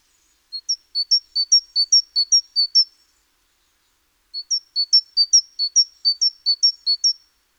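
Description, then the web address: Great tit singing two bursts of its ringing two-note 'tea-cher' phrase, each around six repeats, separated by a short silent pause. "SETE data Parus major"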